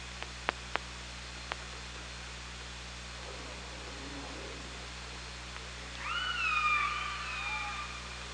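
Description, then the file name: Killer whale call, a single long squealing call with harmonics, after a few sharp clicks, over steady hum. Underwater OrcaLab hydrophone at Parson Island, 24 August 2017, 18:32. "Orca Lab 20170824 183203 PI"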